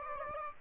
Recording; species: mosquito wingbeat signal from an infrared sensor; Aedes aegypti